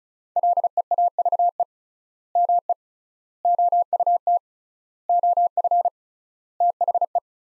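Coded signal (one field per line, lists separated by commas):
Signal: Morse code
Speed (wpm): 36 wpm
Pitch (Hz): 700 Hz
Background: none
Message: LEAVE ME OUT OF THE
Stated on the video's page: Morse practice sentences from top 400 words at 35 wpm with 3x standard word spacing, a Farnsworth-like method applied to words.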